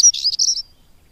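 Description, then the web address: European stonechat giving one brief, scratchy, high warbled phrase lasting about two-thirds of a second, then silence. "agykontroll Madardalok Cd 2. Cigánycsuk"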